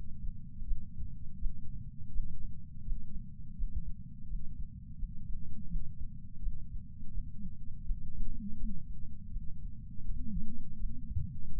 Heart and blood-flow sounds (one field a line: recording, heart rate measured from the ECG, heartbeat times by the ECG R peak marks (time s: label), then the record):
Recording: heart sounds by patch sensor on the chest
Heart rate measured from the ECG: 83 bpm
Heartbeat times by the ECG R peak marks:
0.64 s: heartbeat
1.38 s: heartbeat
2.11 s: heartbeat
2.83 s: heartbeat
3.55 s: heartbeat
4.27 s: heartbeat
4.97 s: heartbeat
5.68 s: heartbeat
6.40 s: heartbeat
7.11 s: heartbeat
7.84 s: heartbeat
8.57 s: heartbeat
9.30 s: heartbeat
10.03 s: heartbeat
10.77 s: heartbeat
11.51 s: heartbeat
From the record:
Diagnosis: coronary artery disease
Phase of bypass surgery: intraoperative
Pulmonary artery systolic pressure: 27 mmHg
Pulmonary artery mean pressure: 22 mmHg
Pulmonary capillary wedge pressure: 12 mmHg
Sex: male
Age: 49 years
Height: 175 cm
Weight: 80 kg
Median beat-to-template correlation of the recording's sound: 0.80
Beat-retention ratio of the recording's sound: 1.00